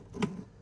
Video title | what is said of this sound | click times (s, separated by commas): Vevor Hose Reel Review Plus How To Install - It's So Easy! | you hear that click, and it's ready to start winding up. | 0.2 s